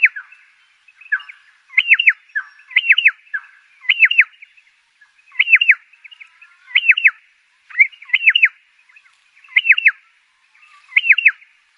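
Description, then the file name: Pardalote repeating quick triplets of downward-slurred notes roughly once a second, with occasional lower chirps mixed in. "canto do pardalote"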